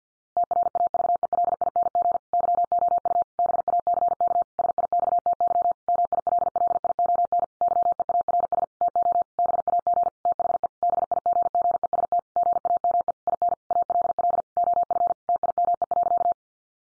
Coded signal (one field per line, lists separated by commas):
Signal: Morse code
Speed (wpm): 50 wpm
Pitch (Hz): 700 Hz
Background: none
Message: TRAVELING YOU BACK SIXTY MILLION YEARS TO BAG THE BIGGEST GAME IN ALL OF TIME.